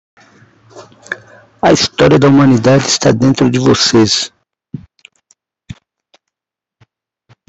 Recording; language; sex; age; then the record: spoken sentence; Brazilian Portuguese; male; 50 to 59 years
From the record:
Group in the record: control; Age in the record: 53 years